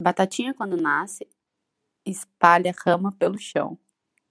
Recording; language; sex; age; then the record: short text; Brazilian Portuguese; female; 30 to 39 years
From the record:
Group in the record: control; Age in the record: 34 years